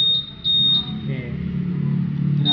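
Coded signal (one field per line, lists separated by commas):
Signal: beep code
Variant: Honda answer-back buzzer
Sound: a high buzzer beep, a pause of about 1.5 seconds, then another beep starting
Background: engine rumble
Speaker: now we try it, it works, we just choose the beep pattern like this, two beeps are medyo slow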